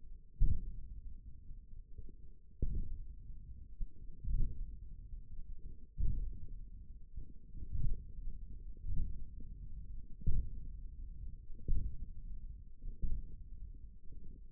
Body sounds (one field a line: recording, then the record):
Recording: forearm muscle sounds (acoustic myography)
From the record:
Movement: hook grip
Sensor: system 1, eight BSWA MPA416 microphones around the upper forearm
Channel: 2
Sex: male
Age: 28 years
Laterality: right